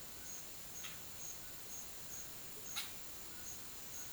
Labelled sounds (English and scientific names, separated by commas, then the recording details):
Yellow-rumped Cacique (Cacicus cela)
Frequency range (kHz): Yellow-rumped Cacique (Cacicus cela) 0.4-17.8 kHz
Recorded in dense forest near Puerto Asís, Putumayo, Colombia, on 19 February 2024 at 08:00
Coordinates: 0.505, -76.324
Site G6467